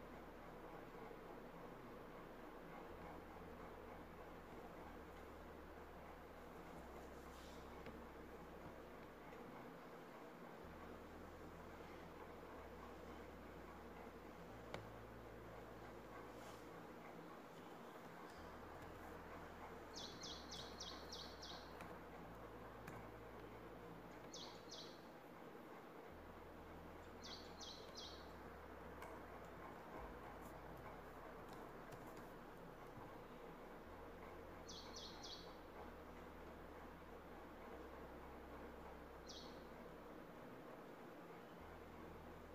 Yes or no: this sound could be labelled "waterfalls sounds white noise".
no